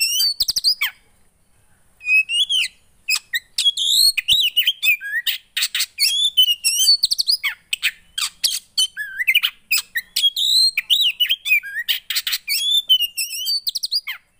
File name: Burung kacer anda langsung emosi dengar ini